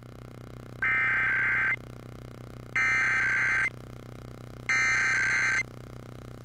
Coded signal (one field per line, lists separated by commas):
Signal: Emergency Alert System (SAME) tones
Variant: header bursts